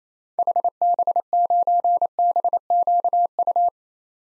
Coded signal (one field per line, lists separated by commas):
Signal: Morse code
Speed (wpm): 28 wpm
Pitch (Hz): 700 Hz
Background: none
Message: HB9BQU